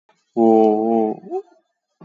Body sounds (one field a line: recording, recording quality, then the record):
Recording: sustained vowel as in boot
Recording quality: excellent, no background noise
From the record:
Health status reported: exposed to COVID-19, no respiratory illness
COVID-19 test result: negative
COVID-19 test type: RT-PCR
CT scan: taken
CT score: 7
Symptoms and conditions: loss of smell and taste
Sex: male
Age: 33 years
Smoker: no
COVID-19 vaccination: one dose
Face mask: worn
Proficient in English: yes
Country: India